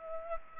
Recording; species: mosquito wingbeat signal from an infrared sensor; Aedes aegypti